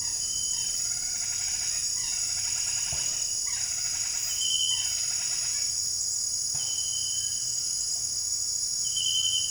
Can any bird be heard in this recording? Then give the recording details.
no. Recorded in dense forest near Puerto Asís, Putumayo, Colombia, on 13 March 2025 at 18:00. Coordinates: 0.484, -76.325. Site G045